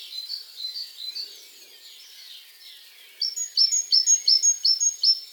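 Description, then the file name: Great tit: a few softer notes, then a pause and a strophe of about seven clear, evenly spaced ringing notes. "Parus major"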